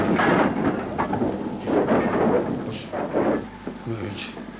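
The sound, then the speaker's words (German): A train braking to a stop after its emergency brake handle is pulled: a loud, continuous rumbling roar with brief high-pitched squeals of the brakes breaking through, easing off slightly toward the end. “Sie halten ja den Zug an.”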